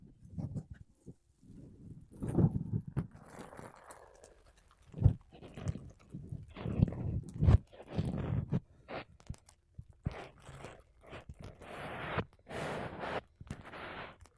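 Makeup brushes and a sponge rub and brush against a microphone in short, uneven strokes, some soft and low, others brighter and scratchier. Sharp taps and thumps punctuate the sequence around five and seven seconds, with brief quiet gaps between bursts.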